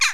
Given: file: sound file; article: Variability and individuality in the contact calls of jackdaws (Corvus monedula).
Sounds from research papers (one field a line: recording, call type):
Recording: jackdaw call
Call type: harmonic